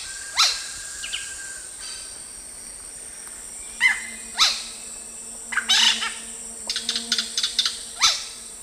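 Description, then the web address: Yellow-rumped cacique calls: loud downslurred notes at intervals with a quick burst of clipped notes, steady high insect drone and a faint low hum. "Natures Songs S America Eastern Lowlands. Cacicus cela, calls"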